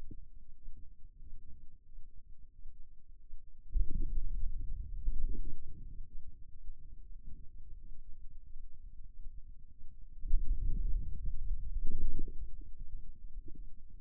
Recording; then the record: forearm muscle sounds (acoustic myography)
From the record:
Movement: wrist flexion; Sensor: system 2, bracelet of six BSWA MPA416 microphones around the upper forearm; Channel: 3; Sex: male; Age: 22 years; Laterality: right